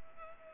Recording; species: mosquito wingbeat signal from an infrared sensor; Culex pipiens